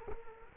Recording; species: mosquito wingbeat signal from an infrared sensor; Culex quinquefasciatus